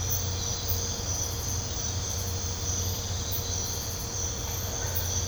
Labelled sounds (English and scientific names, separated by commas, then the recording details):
none
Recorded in pastures near Puerto Asís, Putumayo, Colombia, on 21 December 2024 at 04:30
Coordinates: 0.502, -76.324
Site G077